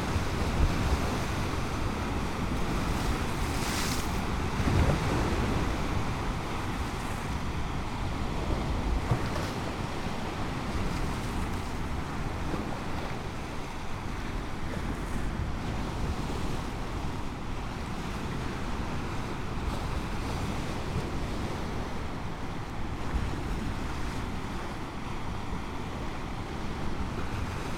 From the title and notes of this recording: Recorded with the Sonorous Objects SO.1 microphones and the Zoom F3 Field Recorder. Location: Peterson Road Beach, Sleeping Bear Dunes National Lakeshore. Waves of Lake Michigan.